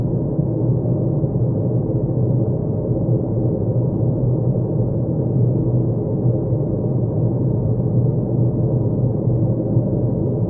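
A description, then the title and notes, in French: A steady, dense low rumble of noise from an icy planet, unchanging for the whole stretch. The sound is dark and muffled, with nothing above a low hiss and a faint hum running underneath. No separate events break the even roar. Les bruits blancs de cette planète glacée.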